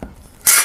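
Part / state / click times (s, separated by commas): removable basket part into air fryer basket / seated / 0.5 s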